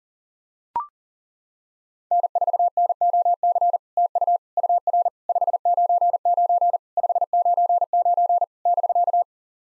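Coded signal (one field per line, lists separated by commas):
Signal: Morse code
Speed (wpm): 40 wpm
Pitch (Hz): 700 Hz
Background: none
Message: N4NOC TU UR 599 599 <BK>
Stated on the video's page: SOTA QSO practice exchanges at 40 wpm, each sent in Morse, then spoken, then sent again.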